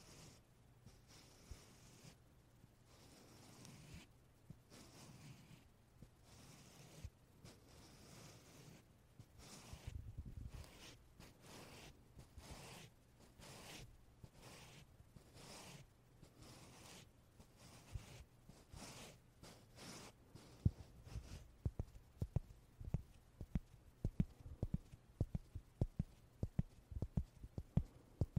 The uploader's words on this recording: 말없이 퍼프 소리만, 가득 담아봤어요 puff sound no talking asmr.